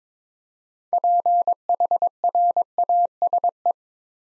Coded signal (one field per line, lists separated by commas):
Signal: Morse code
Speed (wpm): 22 wpm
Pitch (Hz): 700 Hz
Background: none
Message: PHRASE